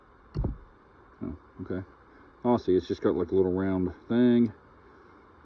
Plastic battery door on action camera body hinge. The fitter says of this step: gently pull outward until it snaps off